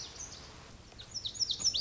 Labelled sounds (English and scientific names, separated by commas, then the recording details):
Lazuli Bunting (Passerina amoena)
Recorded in Sonoma County, California